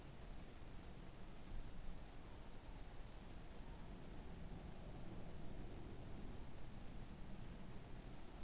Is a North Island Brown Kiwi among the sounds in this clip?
no